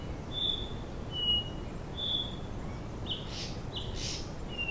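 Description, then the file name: White-tailed flycatcher calls: pure, level high whistles repeated roughly once a second, several drawn out, with two brief rushing bursts and steady hiss behind. "flycatcher-white-tailed -Cyornis-concretus"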